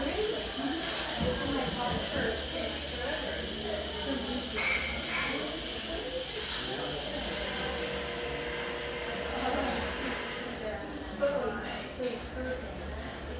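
A humming café near the beach: steady overlapping chatter over a low constant rumble, with occasional clinks and brief louder moments near the end.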